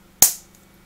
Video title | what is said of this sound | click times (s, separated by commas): Стапель для моделей авиации от Laser Model Graver - сборка, обзор, примерка модели | проталкиваем до щелчка | 0.2 s